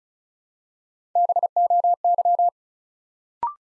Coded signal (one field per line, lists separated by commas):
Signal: Morse code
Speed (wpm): 36 wpm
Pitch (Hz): 700 Hz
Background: none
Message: BOY